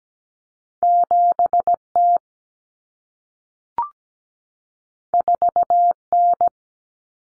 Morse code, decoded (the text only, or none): 7T 4N